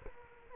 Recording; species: mosquito wingbeat signal from an infrared sensor; Culex quinquefasciatus